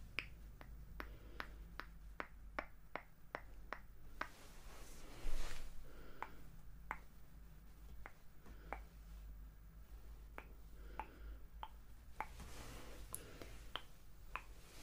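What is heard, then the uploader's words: Sharp, bright taps and plucks click at a quick, uneven pace, with soft brushing swells near five seconds over a low hum. ASMR Plucking, Brushing & Tapping Away Stress Personal Attention.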